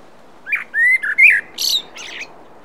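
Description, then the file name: Common blackbird song phrase: a few fluty whistles near the same pitch, then a brief high scratchy twitter to finish. "Turdus merula"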